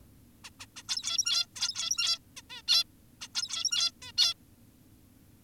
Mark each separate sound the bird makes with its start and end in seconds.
0.44-0.50, 0.60-0.66, 0.76-0.83, 0.88-1.46, 1.56-2.19, 2.37-2.42, 2.50-2.62, 2.68-2.84, 3.21-3.28, 3.35-3.91, 4.02-4.12, 4.18-4.34